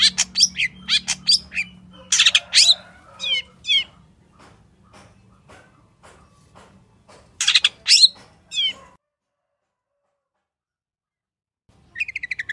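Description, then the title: Long-tailed shrike singing in loud, harsh chattering bursts mixed with faint clicks, then silence for a few seconds before a short scratchy phrase resumes. Wild local bird, morning song with toet-toet variations, used as master song to train caged birds and provoke them to sing. "Cendet Gacor Dor Di Kala Pagi Toet Toet Variasi Suara. MASTERAN CENDET LOKAL ALAM GACOR FULL ISIAN"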